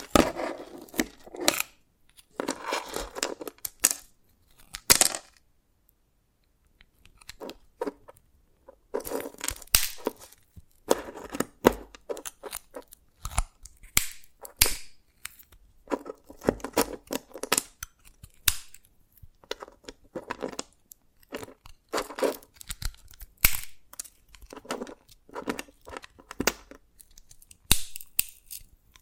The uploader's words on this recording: ASMR SQUID GAME Dalgona Candy Challenge Tapping, Cracking Triggers for Sleep(No Talking).